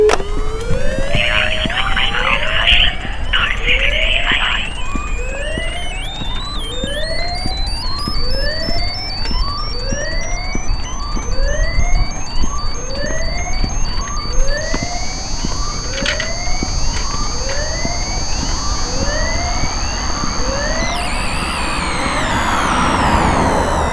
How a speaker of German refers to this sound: 5. Sirenen.